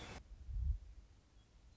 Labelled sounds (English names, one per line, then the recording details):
Western Meadowlark
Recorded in Sonoma County, California